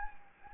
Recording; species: mosquito wingbeat signal from an infrared sensor; Anopheles gambiae